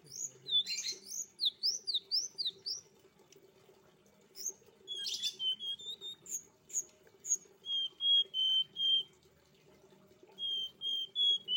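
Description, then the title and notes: Streaked spiderhunter song: quick zigzag high notes at first, then spaced bursts of short whistled notes at a lower steady pitch, over a faint constant hum. Training (masteran) recording for cage birds; bird described as singing actively (gacor), clear and long. "Pijantung Gunung Gacor Jernih Panjang. Masteran burung"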